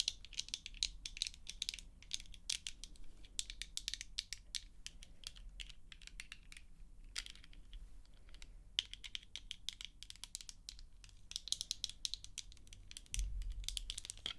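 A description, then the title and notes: Rapid, irregular tapping runs throughout, with dense clusters of sharp, bright clicks and short quieter gaps near seven and nine seconds. A low rumble sits underneath and thickens after about thirteen seconds, while the crisp, crunchy taps continue over it. Tapping. (No Talking).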